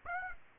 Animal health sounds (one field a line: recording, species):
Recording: mosquito wingbeat signal from an infrared sensor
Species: Aedes aegypti